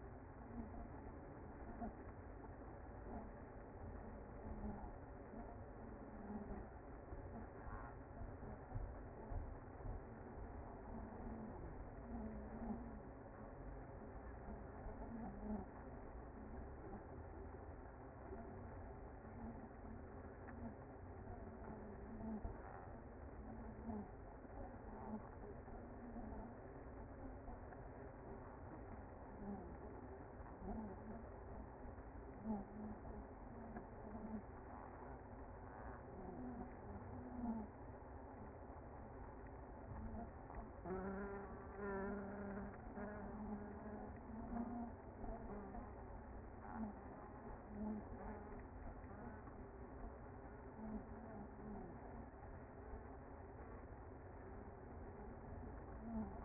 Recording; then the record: honeybee colony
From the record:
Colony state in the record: active